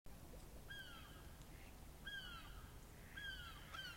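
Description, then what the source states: Gull calls: a few drawn-out, descending cries over a faint low background hum. Morning at the Blessington Basin, a small quiet secluded park in Dublin.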